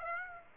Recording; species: mosquito wingbeat signal from an infrared sensor; Aedes aegypti